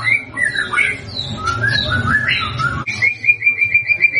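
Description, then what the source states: White-rumped shama song: varied slurred whistles and squeaky notes, ending in a rapid even trill of repeated notes, over a low background hum. Lure recording used to make white-rumped shamas respond; bird described as singing actively and loudly.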